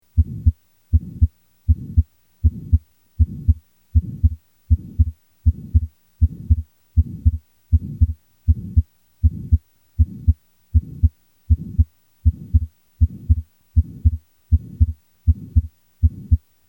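Regular heartbeat near 79 per minute in an adult with a soft pulmonary ejection systolic murmur and transient (physiological) splitting of the second heart sound, heard with the patient supine through the stethoscope diaphragm.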